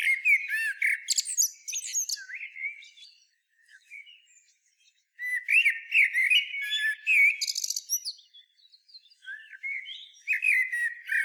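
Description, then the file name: Common blackbird song: mellow fluted warbles and high squeaky twitters, with a quiet gap mid-way before singing resumes. "Turdus merula"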